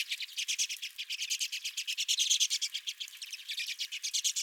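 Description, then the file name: Redpoll flock chattering, dense rapid buzzy chips repeated without pause. Several redpolls at a feeder. "Redpolls at My Feeder"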